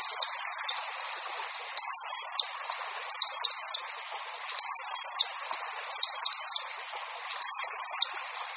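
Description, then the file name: Common sandpiper calls: long, drawn-out high whistles alternate with quick groups of two or three short, thin notes, over soft background noise. "Pisík-obecný"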